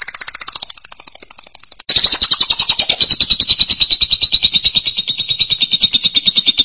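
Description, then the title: Lovebird long trill, a quieter opening phrase followed by a loud, rapid, buzzy rattle that slowly drifts lower over several seconds. "BM Suara Burung Lovebird"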